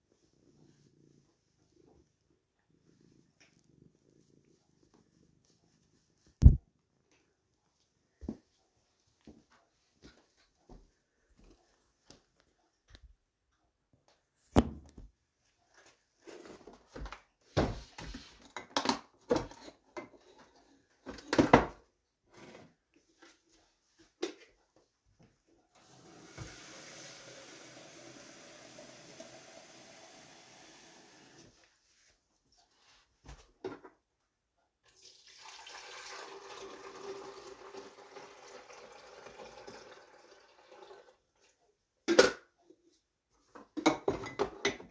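A morning routine of getting up and brewing coffee: quiet stretches broken by sharp knocks and clicks, clustered between about 15 and 24 seconds. A steady hiss runs from roughly 26 to 31 seconds, then a rougher, busier hiss around 36–41 seconds, before a final burst of knocks.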